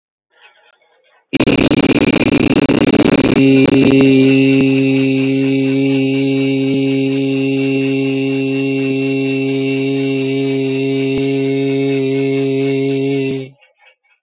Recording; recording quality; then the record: sustained vowel as in beet; excellent, no background noise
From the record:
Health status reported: COVID-19 positive, moderate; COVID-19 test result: positive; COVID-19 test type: RT-PCR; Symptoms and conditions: cough, cold, fever, fatigue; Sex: male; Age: 35 years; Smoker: no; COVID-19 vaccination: both doses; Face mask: not worn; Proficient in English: yes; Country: India